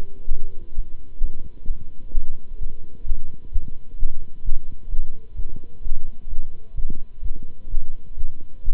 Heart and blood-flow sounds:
heart sounds by stethoscope; between the tricuspid and mitral areas; 129 bpm
0.29 s: heartbeat
0.74 s: heartbeat
1.20 s: heartbeat
1.67 s: heartbeat
2.13 s: heartbeat
2.59 s: heartbeat
3.05 s: heartbeat
3.51 s: heartbeat
3.97 s: heartbeat
4.43 s: heartbeat
4.89 s: heartbeat
5.35 s: heartbeat
5.82 s: heartbeat
6.28 s: heartbeat
6.74 s: heartbeat
7.21 s: heartbeat
7.69 s: heartbeat
8.16 s: heartbeat
8.63 s: heartbeat
From the record:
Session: Bruce protocol treadmill stress test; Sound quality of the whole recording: good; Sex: male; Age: 26 years

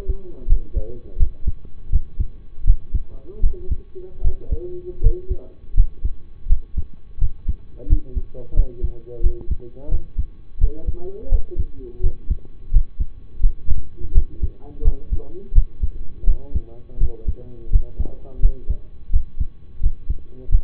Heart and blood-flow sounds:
heart sounds by stethoscope; between the tricuspid and mitral areas; 84 bpm
0.47 s: heartbeat
1.17 s: heartbeat
1.90 s: heartbeat
2.64 s: heartbeat
3.40 s: heartbeat
4.21 s: heartbeat
5.00 s: heartbeat
5.74 s: heartbeat
6.47 s: heartbeat
7.18 s: heartbeat
7.87 s: heartbeat
8.54 s: heartbeat
9.21 s: heartbeat
9.89 s: heartbeat
10.58 s: heartbeat
11.29 s: heartbeat
12.00 s: heartbeat
12.70 s: heartbeat
13.40 s: heartbeat
14.12 s: heartbeat
14.82 s: heartbeat
15.52 s: heartbeat
16.25 s: heartbeat
16.98 s: heartbeat
17.70 s: heartbeat
18.40 s: heartbeat
19.10 s: heartbeat
19.80 s: heartbeat
20.49 s: heartbeat
From the record:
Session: rest, lying down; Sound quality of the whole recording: partially saturated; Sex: male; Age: 25 years

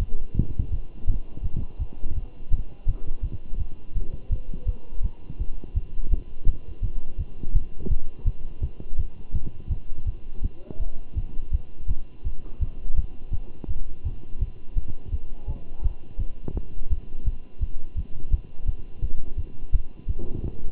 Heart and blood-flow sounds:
heart sounds by stethoscope; between the tricuspid and mitral areas; 167 bpm
0.35 s: heartbeat
0.71 s: heartbeat
1.07 s: heartbeat
1.43 s: heartbeat
1.79 s: heartbeat
2.15 s: heartbeat
2.51 s: heartbeat
2.86 s: heartbeat
3.22 s: heartbeat
3.58 s: heartbeat
3.95 s: heartbeat
4.30 s: heartbeat
4.66 s: heartbeat
5.02 s: heartbeat
5.39 s: heartbeat
5.74 s: heartbeat
6.10 s: heartbeat
6.46 s: heartbeat
6.82 s: heartbeat
7.18 s: heartbeat
7.53 s: heartbeat
7.89 s: heartbeat
8.25 s: heartbeat
8.61 s: heartbeat
8.98 s: heartbeat
9.33 s: heartbeat
9.70 s: heartbeat
10.06 s: heartbeat
10.42 s: heartbeat
10.79 s: heartbeat
11.15 s: heartbeat
11.51 s: heartbeat
11.88 s: heartbeat
12.24 s: heartbeat
12.60 s: heartbeat
12.96 s: heartbeat
13.32 s: heartbeat
13.68 s: heartbeat
14.04 s: heartbeat
14.39 s: heartbeat
14.75 s: heartbeat
15.11 s: heartbeat
15.47 s: heartbeat
15.82 s: heartbeat
16.18 s: heartbeat
16.54 s: heartbeat
16.90 s: heartbeat
17.25 s: heartbeat
17.60 s: heartbeat
17.96 s: heartbeat
18.31 s: heartbeat
18.66 s: heartbeat
19.02 s: heartbeat
19.37 s: heartbeat
19.72 s: heartbeat
20.07 s: heartbeat
20.43 s: heartbeat
From the record:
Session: Bruce protocol treadmill stress test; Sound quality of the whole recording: good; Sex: male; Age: 23 years

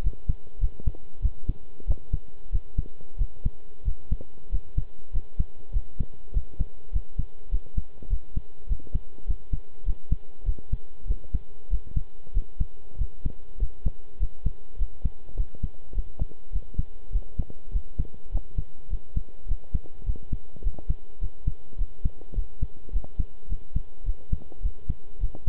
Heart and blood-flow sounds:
heart sounds by stethoscope; between the tricuspid and mitral areas; 100 bpm
0.03 s: heartbeat
0.60 s: heartbeat
1.22 s: heartbeat
1.87 s: heartbeat
2.52 s: heartbeat
3.18 s: heartbeat
3.85 s: heartbeat
4.51 s: heartbeat
5.13 s: heartbeat
5.73 s: heartbeat
6.33 s: heartbeat
6.92 s: heartbeat
7.51 s: heartbeat
8.10 s: heartbeat
8.68 s: heartbeat
9.27 s: heartbeat
9.85 s: heartbeat
10.45 s: heartbeat
11.07 s: heartbeat
11.70 s: heartbeat
12.34 s: heartbeat
12.98 s: heartbeat
13.59 s: heartbeat
14.19 s: heartbeat
14.78 s: heartbeat
15.36 s: heartbeat
15.94 s: heartbeat
16.52 s: heartbeat
17.12 s: heartbeat
17.72 s: heartbeat
18.31 s: heartbeat
18.89 s: heartbeat
19.47 s: heartbeat
20.05 s: heartbeat
20.63 s: heartbeat
21.21 s: heartbeat
21.78 s: heartbeat
22.35 s: heartbeat
22.92 s: heartbeat
23.49 s: heartbeat
24.05 s: heartbeat
24.62 s: heartbeat
25.20 s: heartbeat
From the record:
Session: pedaling a stationary bicycle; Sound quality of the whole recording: good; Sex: male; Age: 23 years

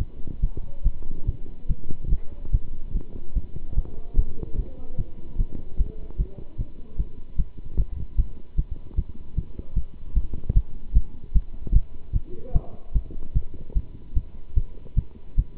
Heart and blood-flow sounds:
heart sounds by stethoscope; between the tricuspid and mitral areas; 148 bpm
0.40 s: heartbeat
0.82 s: heartbeat
1.25 s: heartbeat
1.67 s: heartbeat
2.09 s: heartbeat
2.51 s: heartbeat
2.93 s: heartbeat
3.33 s: heartbeat
3.75 s: heartbeat
4.16 s: heartbeat
4.56 s: heartbeat
4.97 s: heartbeat
5.37 s: heartbeat
5.77 s: heartbeat
6.17 s: heartbeat
6.57 s: heartbeat
6.97 s: heartbeat
7.36 s: heartbeat
7.76 s: heartbeat
8.16 s: heartbeat
8.56 s: heartbeat
8.95 s: heartbeat
9.34 s: heartbeat
9.74 s: heartbeat
10.14 s: heartbeat
10.54 s: heartbeat
10.93 s: heartbeat
11.33 s: heartbeat
11.73 s: heartbeat
12.13 s: heartbeat
12.53 s: heartbeat
12.93 s: heartbeat
13.33 s: heartbeat
13.74 s: heartbeat
14.14 s: heartbeat
14.54 s: heartbeat
14.95 s: heartbeat
15.36 s: heartbeat
From the record:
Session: pedaling a stationary bicycle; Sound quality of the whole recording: good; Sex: male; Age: 27 years

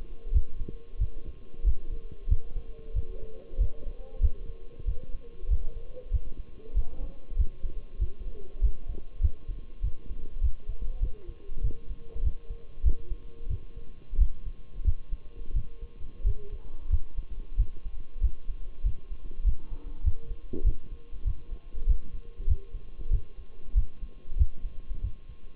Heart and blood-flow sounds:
heart sounds by stethoscope; between the tricuspid and mitral areas; 95 bpm
0.34 s: heartbeat
1.00 s: heartbeat
1.66 s: heartbeat
2.30 s: heartbeat
2.95 s: heartbeat
3.60 s: heartbeat
4.22 s: heartbeat
4.87 s: heartbeat
5.50 s: heartbeat
6.13 s: heartbeat
6.76 s: heartbeat
7.38 s: heartbeat
8.01 s: heartbeat
8.63 s: heartbeat
9.22 s: heartbeat
9.83 s: heartbeat
10.43 s: heartbeat
11.02 s: heartbeat
11.63 s: heartbeat
12.24 s: heartbeat
12.85 s: heartbeat
13.50 s: heartbeat
14.20 s: heartbeat
14.86 s: heartbeat
15.55 s: heartbeat
16.26 s: heartbeat
16.92 s: heartbeat
17.59 s: heartbeat
18.23 s: heartbeat
18.85 s: heartbeat
19.46 s: heartbeat
20.05 s: heartbeat
20.66 s: heartbeat
21.26 s: heartbeat
21.88 s: heartbeat
22.49 s: heartbeat
23.12 s: heartbeat
23.76 s: heartbeat
24.39 s: heartbeat
25.03 s: heartbeat
From the record:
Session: Bruce protocol treadmill stress test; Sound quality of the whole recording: partially saturated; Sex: male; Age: 23 years

